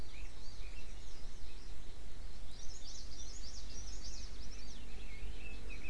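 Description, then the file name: Birds twittering with rapid high chirps that build into a thick chorus in the middle seconds, backed by a steady low rumble. "mainly bird"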